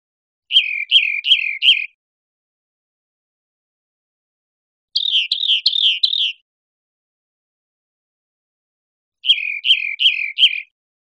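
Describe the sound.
Rock wren song: three separate bursts of four or five repeated buzzy notes, alternating lower and higher pitch, spaced about four seconds apart in silence.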